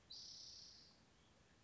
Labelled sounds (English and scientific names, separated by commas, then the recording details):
Spotted Towhee (Pipilo maculatus)
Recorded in Sonoma County, California